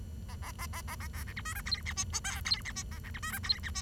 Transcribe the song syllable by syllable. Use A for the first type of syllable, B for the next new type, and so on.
A A A A A A B C D E F G H I J K G H I A C D E F G H I